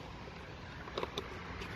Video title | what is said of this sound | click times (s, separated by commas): Land Rover Range Rover L322 Wing Mirror Lamp Light from Luxury Land Rover Upgrades. | it sliding in pushing it you'll hear it click into place | 1.0 s, 1.2 s